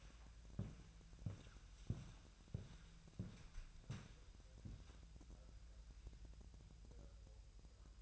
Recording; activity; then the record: daily activity, microphone in the room; walk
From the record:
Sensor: 2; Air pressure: 1001.9 hPa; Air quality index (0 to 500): 233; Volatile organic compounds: 62 ppm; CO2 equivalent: 3440 ppm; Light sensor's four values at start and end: 7/17/7/7 and 7/17/7/7